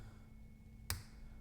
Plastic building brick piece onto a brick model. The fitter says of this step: with a hopefully satisfying click.